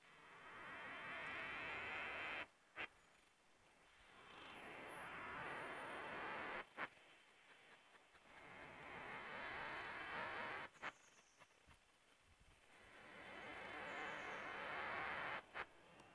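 Cicada (Cicadetta brevipennis): cicada song: long rasping buzz phrases of roughly three to four seconds, separated by brief quieter gaps with sharp clicks, repeating several times.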